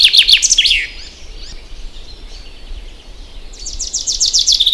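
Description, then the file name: Common chaffinch song: a high, fast trill ends abruptly, a quiet pause follows, then a new brisk phrase of repeated sharp notes begins. Low background hum throughout. "Fringilla coelebs"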